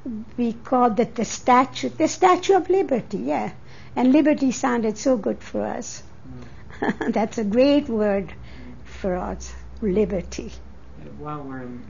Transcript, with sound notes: We called it the Statue, the Statue of Liberty, yeah. And liberty sounded so good for us. ( she laughs ) That's a great word for us, liberty.
While we're